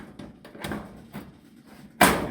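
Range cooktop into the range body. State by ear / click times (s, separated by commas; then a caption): seated / 2.0 s. The glass cooktop of an LG electric range is lowered down and back into its frame on the range body, with faint handling bumps and scrapes around 0.2, 0.5 and 0.7 s. A sharp, loud snap at 2.0 s marks the cooktop seating back into place.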